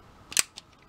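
A plastic panel on a Transformers Titans Return Voyager Megatron robot figure is lined up with a bevelled section and pressed closed. A faint tick at 0.3 s leads into a sharp, bright plastic snap at 0.4 s, followed by a lighter click at 0.6 s. The panel clips shut at 0.4 s and is seated so it will no longer move.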